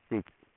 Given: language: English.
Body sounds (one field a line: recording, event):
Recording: throat vibration sensor signal played as sound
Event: speech